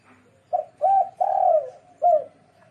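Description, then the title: Dove cooing: four low, soft, hollow coos, the third one longest and drawn out, with a quiet pause before the last. "Canto Da Pomba"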